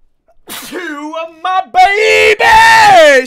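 Rising, breathy 'ah-ah' build-up ends in one loud, drawn-out voiced sneeze burst from an adult man.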